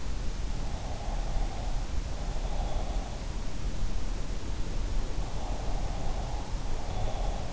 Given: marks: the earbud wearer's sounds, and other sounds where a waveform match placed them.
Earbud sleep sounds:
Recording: sounds in sleep by an in-ear microphone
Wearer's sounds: breath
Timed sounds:
0.77-3.21 s: breath
5.00-7.53 s: breath

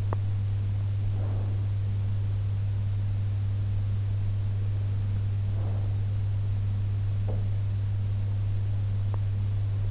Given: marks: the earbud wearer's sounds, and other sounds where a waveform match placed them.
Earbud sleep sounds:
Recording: sounds in sleep by an in-ear microphone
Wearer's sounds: teeth grinding, breath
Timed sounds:
0.00-0.34 s: teeth grinding
1.11-1.80 s: breath
5.44-6.13 s: breath
7.25-7.48 s: sound from someone else or the room
9.07-9.36 s: teeth grinding

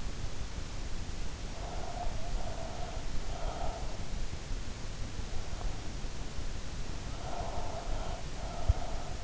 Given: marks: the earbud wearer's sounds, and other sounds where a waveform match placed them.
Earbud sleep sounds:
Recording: sounds in sleep by an in-ear microphone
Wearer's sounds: breath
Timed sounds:
1.21-3.75 s: breath
6.81-9.24 s: breath

